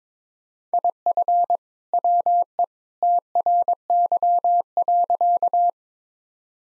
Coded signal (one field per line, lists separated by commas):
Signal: Morse code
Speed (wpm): 22 wpm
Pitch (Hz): 700 Hz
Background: none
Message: IF WE TRY.